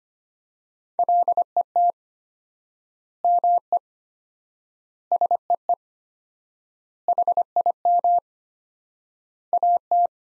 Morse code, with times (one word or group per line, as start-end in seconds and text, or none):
1.0-1.9 LET
3.2-3.8 ME
5.1-5.7 SEE
7.1-8.2 HIM
9.5-10.1 AT